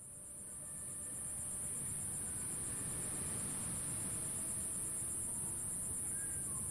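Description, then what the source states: Insect buzzing, a continuous high-pitched whine with fast pulsation, heard over steady low surf that swells up during the first second. Insect calls zapping above calm ocean waves at Phan Rang, recorded by Kit Wilmans Fegradoe.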